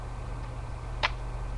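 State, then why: Released. On an Apple iPod third generation, the thin battery wire's connector is pulled up off the logic board. Over a steady low hum, one short, sharp click is heard at 1.0 s as the connector clicks free and is released.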